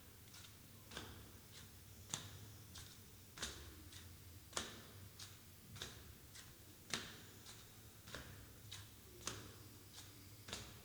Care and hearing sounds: daily activity, guitar pickup as the sensor; go upstairs

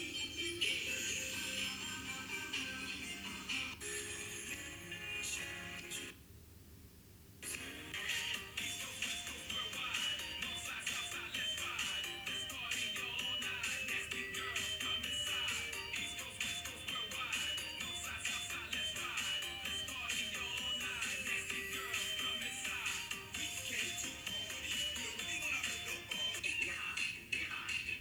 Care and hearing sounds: daily activity, guitar pickup as the sensor; browse video

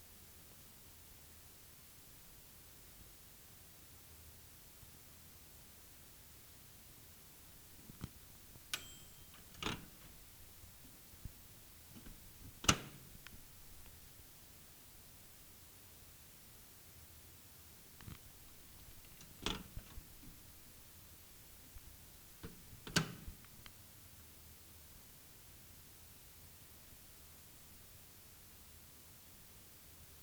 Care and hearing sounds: daily activity, guitar pickup as the sensor; use microwave

